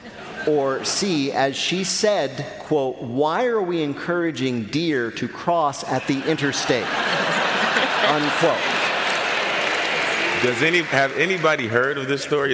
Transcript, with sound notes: Or C - as she said, quote, "Why are we encouraging deer to cross at the interstate?"
(LAUGHTER)
Unquote.
Does any - have anybody heard of this story?